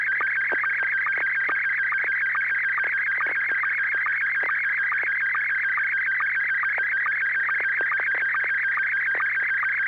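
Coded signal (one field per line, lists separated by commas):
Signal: SSTV (slow-scan television)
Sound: steady warbling tone with rapid pitch shifts and regular short low ticks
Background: low hum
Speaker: Oh, it's a picture of a couple of women sitting on a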